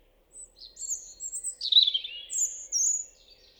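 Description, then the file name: European robin phrase of thin high whistles and twittering descending notes, closing on a bright sustained high whistle. "Erithacus rubecula"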